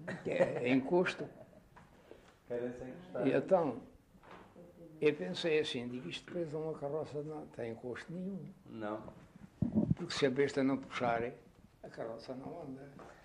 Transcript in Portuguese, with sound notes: Que- É encosto!
Querem-se encostar. [pausa]
eu pensei assim, digo: "Isto preso a um carroça não tem encosto nenhum".
Não.
"Porque se a besta não puxar, a carroça não anda".